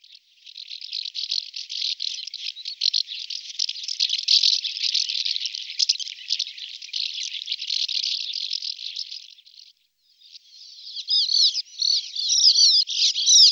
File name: Brehule ricni Riparia riparia